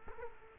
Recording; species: mosquito wingbeat signal from an infrared sensor; Culex quinquefasciatus